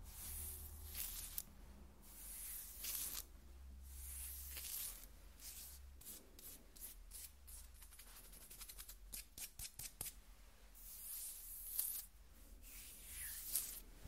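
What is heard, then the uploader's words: Skin being scratched in dry, hissing strokes, some long and sweeping, others quick bursts of short scrapes. Around the eight to ten second mark the scratching turns rapid and choppy before easing back into longer strokes, over a steady low hum. ASMR Skin Scratching 1 Hour (No Talking).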